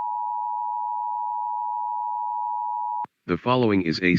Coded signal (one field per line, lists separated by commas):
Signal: Emergency Alert System (SAME) tones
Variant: 853 and 960 Hz attention tone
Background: speech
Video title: Overnight Monthly Testing (EAS #629-647) 8/20-21/24